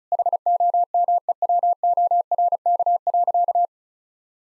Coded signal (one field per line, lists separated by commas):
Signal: Morse code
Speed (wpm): 36 wpm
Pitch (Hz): 700 Hz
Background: none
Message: HOMEWORK.